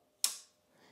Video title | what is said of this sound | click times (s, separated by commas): Ma critique du bidet ultra fin Samodra | ce que tu viens d'entendre le clip parce que j'ai déjà essayé un bidet que il y avait pas le clip | 0.2 s